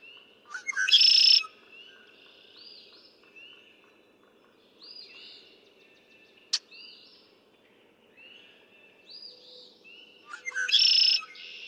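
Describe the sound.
Red-winged blackbird song, two loud buzzy trills about ten seconds apart, each led by short notes, with other birds chirping and whistling softly between.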